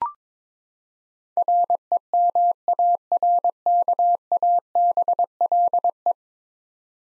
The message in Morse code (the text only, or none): REMARKABLE